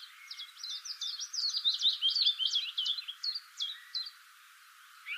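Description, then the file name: Common blackbird calls: a fast chattering string of sharp high notes that slows toward the end, tailing into a few spaced chinks. "Turdus merula"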